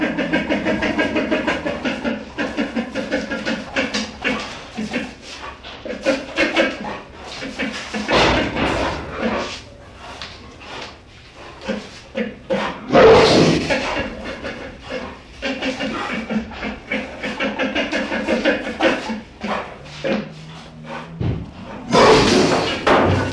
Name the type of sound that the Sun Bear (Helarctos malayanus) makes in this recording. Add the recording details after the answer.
call. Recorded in captivity. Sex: diverse. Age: diverse. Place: Tierpark Berlin, Berlin, DE. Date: 1965-11-06 11:00. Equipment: Uher 4000 Report-S, Transistorverstärker II, Sennheiser MD 421. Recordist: Tembrock, Günter